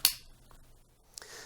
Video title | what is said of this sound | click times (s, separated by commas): Is Your Dyson Stick Vacuum Bin Damaged? (Quick & Easy Bin Replacement) | at the front fits under the front lip of the bin, it should click into place. | 0.0 s